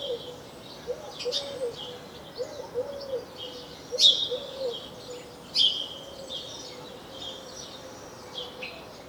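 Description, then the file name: House sparrow gives a few loud chirps among softer twitters, with a continuous low humming tone in the background. "Passer domesticus"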